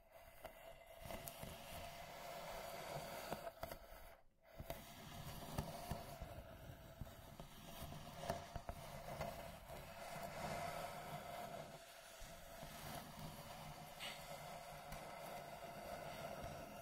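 Slow, continuous scratching and tracing across a wooden box, a dense rough rasp with a brief full stop near four seconds and a dip near twelve.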